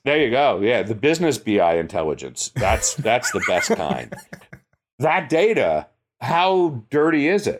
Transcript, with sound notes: There you go. Yeah, the ‘Business BI Intelligence.’ That’s the best kind. [laugh] That data, how dirty is it?